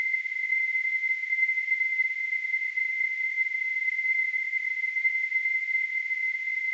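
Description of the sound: A simulated tinnitus sound: a steady, continuous high-pitched tone near 2 kHz with a faint hiss above it, unchanging throughout.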